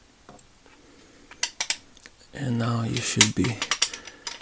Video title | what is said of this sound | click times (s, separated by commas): Harbor Freight Quinn Extendable Breaker Bar TOTAL TEARDOWN 1/2” Drive | you get that around until it clicks in like that | 1.4 s, 1.6 s